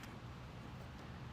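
A drive roll marked 0.035 for the MIG wire is being placed back on a MIG welder's wire feeder, and its retainer is handled so it can be turned to lock. Only a steady low rumble and broadband hiss are heard throughout, with no distinct click or impact. The retainer has not locked into place yet, and nothing has seated.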